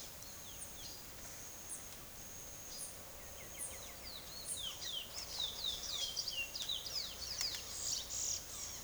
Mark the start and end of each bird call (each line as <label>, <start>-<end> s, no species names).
bird call, 0.00-8.84 s